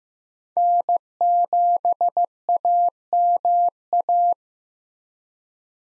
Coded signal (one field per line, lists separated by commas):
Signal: Morse code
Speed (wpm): 15 wpm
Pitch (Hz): 700 Hz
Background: none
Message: N7AMA